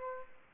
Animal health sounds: mosquito wingbeat signal from an infrared sensor; Aedes aegypti

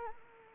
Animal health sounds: mosquito wingbeat signal from an infrared sensor; Anopheles arabiensis

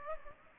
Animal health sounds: mosquito wingbeat signal from an infrared sensor; Aedes aegypti

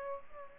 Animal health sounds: mosquito wingbeat signal from an infrared sensor; Aedes aegypti

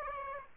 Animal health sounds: mosquito wingbeat signal from an infrared sensor; Aedes aegypti

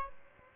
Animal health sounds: mosquito wingbeat signal from an infrared sensor; Aedes albopictus

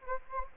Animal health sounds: mosquito wingbeat signal from an infrared sensor; Anopheles gambiae

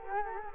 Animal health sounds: mosquito wingbeat signal from an infrared sensor; Culex quinquefasciatus

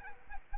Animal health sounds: mosquito wingbeat signal from an infrared sensor; Aedes aegypti

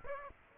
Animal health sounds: mosquito wingbeat signal from an infrared sensor; Aedes aegypti

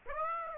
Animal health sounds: mosquito wingbeat signal from an infrared sensor; Aedes aegypti

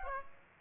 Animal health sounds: mosquito wingbeat signal from an infrared sensor; Aedes aegypti

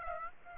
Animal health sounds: mosquito wingbeat signal from an infrared sensor; Aedes aegypti

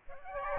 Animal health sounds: mosquito wingbeat signal from an infrared sensor; Aedes albopictus

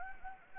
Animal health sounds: mosquito wingbeat signal from an infrared sensor; Anopheles gambiae

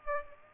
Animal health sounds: mosquito wingbeat signal from an infrared sensor; Aedes aegypti

